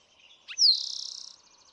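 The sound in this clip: Eastern towhee song, a single phrase: a sharp downslurred note leading straight into a fast, even trill that fades out.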